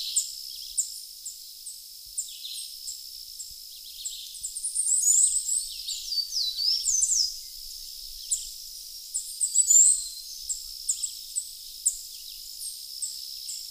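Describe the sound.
Chirping birds: irregular short high notes and quick slurred calls, with a louder cluster midway, all above a continuous high tone.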